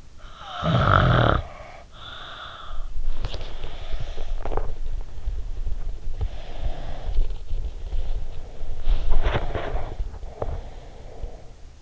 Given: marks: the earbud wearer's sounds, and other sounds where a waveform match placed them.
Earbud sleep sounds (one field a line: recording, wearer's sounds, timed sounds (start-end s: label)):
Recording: sounds in sleep by an in-ear microphone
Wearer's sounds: snoring breath, body movement, teeth grinding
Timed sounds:
0.26-2.94 s: snoring breath
3.07-11.82 s: body movement
4.20-4.95 s: teeth grinding
10.22-10.75 s: teeth grinding